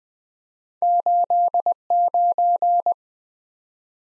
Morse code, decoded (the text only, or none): 89